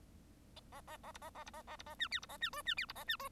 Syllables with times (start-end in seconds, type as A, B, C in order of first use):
0.71-0.81 A, 0.86-0.97 A, 1.03-1.12 A, 1.14-1.18 B, 1.21-1.30 A, 1.34-1.44 A, 1.46-1.50 B, 1.53-1.62 A, 1.67-1.76 A, 1.78-1.83 B, 1.86-1.95 A, 1.99-2.08 C, 2.11-2.20 D, 2.22-2.26 B, 2.29-2.37 A, 2.40-2.50 C, 2.52-2.62 E, 2.65-2.74 C, 2.77-2.86 D, 2.88-2.93 B, 2.95-3.04 A, 3.07-3.16 C, 3.19-3.29 E